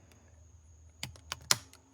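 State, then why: Released. A plastic control knob is released from a plastic bezel: with the circuit board held against the bezel, two fingers press up on the outer knob. A few faint ticks come first, then a sharp plastic click at 1.5 s as the knob's tabs let go and it snaps off the bezel. No one talks during the clip.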